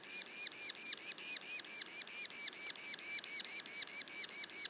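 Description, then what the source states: Yellow-bellied sapsucker calls, evenly spaced harsh hooked squeals in a rapid, clear and steady series. Juveniles, Mont-Orford National Park, Quebec.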